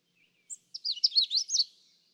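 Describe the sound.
Magnolia warbler song: a short, quick phrase of high, bouncy, slurred notes lasting about one second, preceded by a short high note.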